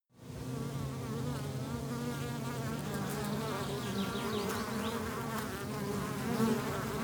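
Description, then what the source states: Bees buzzing as a dense, steady hum of many wings, wavering pitches layered over a constant low drone. Many bees, countryside.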